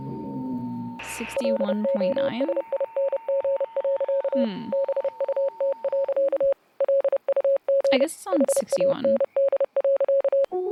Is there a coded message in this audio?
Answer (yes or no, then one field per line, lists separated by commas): yes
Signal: Morse code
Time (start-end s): 1.4-10.4 s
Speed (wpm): 30 wpm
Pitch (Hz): 550 Hz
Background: speech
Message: LOSING. BUT. LUG HAND.